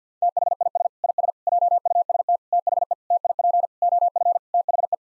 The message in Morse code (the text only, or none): THIS IS JUST THE TIP OF THE